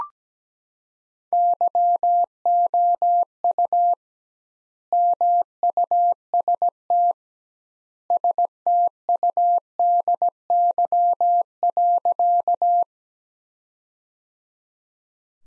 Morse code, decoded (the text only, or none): YOU MUST STUDY.